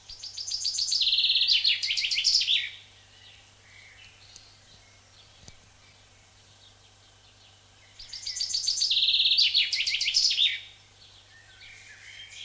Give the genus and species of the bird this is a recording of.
Fringilla coelebs